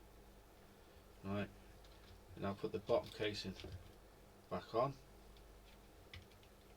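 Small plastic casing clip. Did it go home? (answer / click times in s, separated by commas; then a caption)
yes / 6.1 s. Someone talks while the bottom plastic casing is pressed back onto a Nintendo Joy-Con game controller. A short click at 6.1 s marks the casing snapping shut at the back clip, and it is seated.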